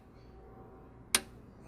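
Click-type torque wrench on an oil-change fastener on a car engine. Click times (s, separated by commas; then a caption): 1.2 s. A click-type torque wrench is pulled again on an oil-change fastener on a Ford Shelby GT350 engine. After quiet low hum, a sharp, bright click sounds at 1.2 s as the wrench reaches torque, and another sharp transient starts right at the clip's end, about 1.7 s.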